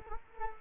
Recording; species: mosquito wingbeat signal from an infrared sensor; Culex quinquefasciatus